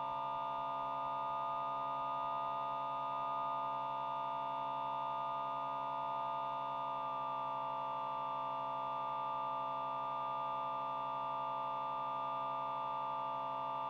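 A voltage-controlled shortwave radio experiment gives off a steady, dense electronic drone of many stacked tones with a faint rapid flutter underneath. Around the seven-second mark the upper tones shift abruptly to a new setting, then hold steady again until the end.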